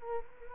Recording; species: mosquito wingbeat signal from an infrared sensor; Culex quinquefasciatus